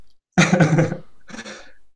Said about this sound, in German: Ein Huster.